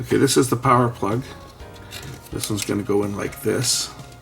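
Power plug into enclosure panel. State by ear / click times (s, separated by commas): not seated / none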